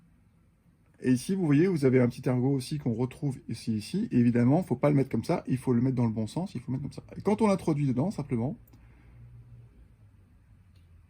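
A crimped wire terminal is lined up by its small key and introduced into the cavity of a plastic multi-pin connector housing while someone talks. Speech runs from about 1 to 8.6 seconds, followed by quiet low handling noise and a faint brief tap near 10.8 seconds. Nothing has seated or clicked yet.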